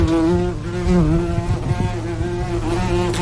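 A wasp buzzes steadily, a droning hum whose pitch wavers slightly up and down as it flies, lasting a few seconds without any voices.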